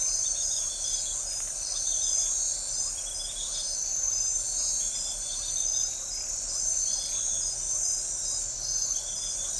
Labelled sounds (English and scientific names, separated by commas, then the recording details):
none
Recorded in forest near Pivijay, Magdalena, Colombia, on 1 June 2023 at 21:00
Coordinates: 10.467, -74.380
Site Z5-G034